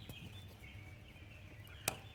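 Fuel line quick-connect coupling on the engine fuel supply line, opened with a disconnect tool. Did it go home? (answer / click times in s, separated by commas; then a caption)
released / 1.9 s. A blue disconnect tool is pushed into a fuel line quick-connect fitting on the fuel supply line of a Duramax diesel engine to release its retaining tabs. Over steady low background noise, a single sharp click sounds at 1.9 s. The fitting releases and the line comes loose.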